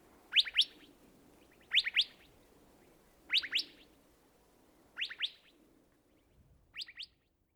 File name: Golosa ptic - SHlemonosnyj hohlatyj perepel Callipepla gambelii